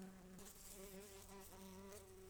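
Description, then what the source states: Brown-banded carder bee buzz, a steady low hum with a slightly wavering pitch, sustained throughout over background noise. Worker bumblebees.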